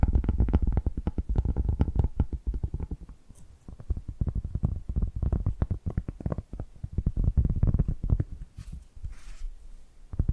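Rapid, dense tapping knocks low and thuddy throughout, thinning briefly around three seconds, with soft scratchy hisses near the end.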